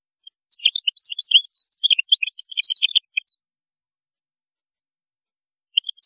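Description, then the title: European goldfinch song: a rapid three-second run of sharp, varied twittering notes, then silence and the start of another phrase. "Chant Chardonneret"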